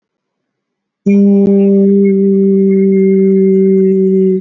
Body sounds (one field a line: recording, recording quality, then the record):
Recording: sustained vowel as in beet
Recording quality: excellent, no background noise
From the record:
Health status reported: healthy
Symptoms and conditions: muscle pain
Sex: male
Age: 24 years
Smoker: not ticked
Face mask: worn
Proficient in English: yes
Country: India